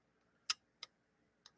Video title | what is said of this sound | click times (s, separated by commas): FEATHERWEIGHT FEVER! Let's meet Kevin & Doreen's version...Much different than we normally see!! | easier with two hands push it down it's going to go ahead and lock into place wind | 0.5 s